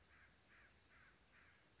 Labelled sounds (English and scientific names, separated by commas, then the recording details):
Western Flycatcher (Empidonax difficilis)
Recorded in Sonoma County, California